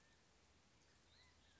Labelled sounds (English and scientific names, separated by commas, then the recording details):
California Quail (Callipepla californica)
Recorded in Sonoma County, California